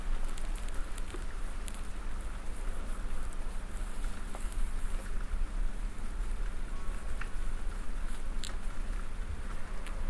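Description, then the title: Domestic cat giving a steady low purr that never pauses, with occasional small taps and fabric-like rustling over the rumble. Cat purring while snuggling; presented as ASMR. "ASMR Cat Snuggles REAL PURRING"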